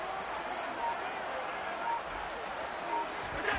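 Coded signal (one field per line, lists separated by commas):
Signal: none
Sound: football video game beeps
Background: speech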